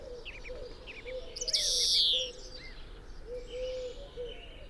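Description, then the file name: European greenfinch giving a few short chirps, then a single drawn-out nasal wheeze, followed by softer twitters over a low background hum. "Chloris chloris"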